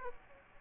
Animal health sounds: mosquito wingbeat signal from an infrared sensor; Aedes aegypti

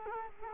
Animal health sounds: mosquito wingbeat signal from an infrared sensor; Culex quinquefasciatus

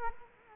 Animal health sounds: mosquito wingbeat signal from an infrared sensor; Culex quinquefasciatus

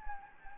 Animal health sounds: mosquito wingbeat signal from an infrared sensor; Anopheles gambiae

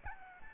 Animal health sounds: mosquito wingbeat signal from an infrared sensor; Aedes albopictus

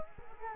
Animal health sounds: mosquito wingbeat signal from an infrared sensor; Culex quinquefasciatus

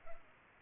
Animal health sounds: mosquito wingbeat signal from an infrared sensor; Culex pipiens

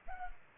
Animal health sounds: mosquito wingbeat signal from an infrared sensor; Culex pipiens

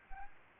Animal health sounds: mosquito wingbeat signal from an infrared sensor; Anopheles arabiensis

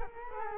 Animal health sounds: mosquito wingbeat signal from an infrared sensor; Culex quinquefasciatus

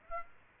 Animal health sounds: mosquito wingbeat signal from an infrared sensor; Aedes aegypti

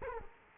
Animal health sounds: mosquito wingbeat signal from an infrared sensor; Culex quinquefasciatus

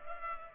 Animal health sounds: mosquito wingbeat signal from an infrared sensor; Culex pipiens

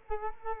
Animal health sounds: mosquito wingbeat signal from an infrared sensor; Culex quinquefasciatus

